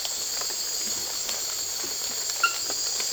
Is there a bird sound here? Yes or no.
no